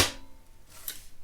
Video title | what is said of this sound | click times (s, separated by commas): Replacing the Boot Drive in my Corsair One PC - Will it stop the crashing?? | snaps into place all right well | 0.9 s